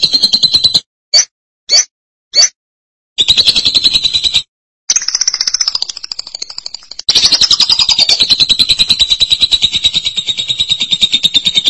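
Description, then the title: Lovebird chattering in quick buzzy trills, with a few brief bursts and silent breaks before a long sustained rattling run. "BM Suara Burung Lovebird"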